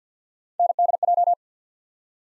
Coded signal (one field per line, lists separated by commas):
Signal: Morse code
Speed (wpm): 50 wpm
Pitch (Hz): 700 Hz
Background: none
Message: NDJ